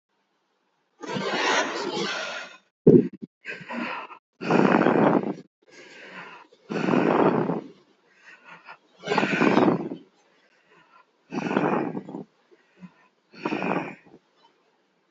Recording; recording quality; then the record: shallow breathing; excellent, no background noise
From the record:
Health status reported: healthy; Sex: male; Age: 28 years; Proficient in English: yes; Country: India